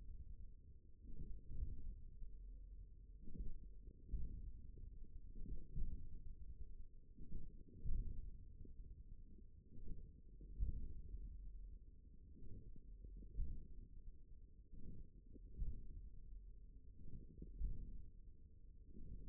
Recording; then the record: forearm muscle sounds (acoustic myography)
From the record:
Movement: hand closing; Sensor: system 1, eight BSWA MPA416 microphones around the upper forearm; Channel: 4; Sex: male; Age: 41 years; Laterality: right